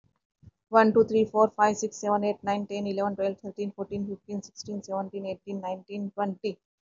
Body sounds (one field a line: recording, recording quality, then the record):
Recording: counting at a fast pace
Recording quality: excellent, no background noise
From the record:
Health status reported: healthy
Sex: female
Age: 56 years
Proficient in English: yes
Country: India